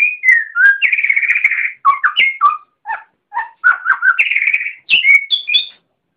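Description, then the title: Oriental magpie-robin song: varied whistled phrases and rapid chattering trills, shifting between low and high notes with short pauses. "Kicau Kacer"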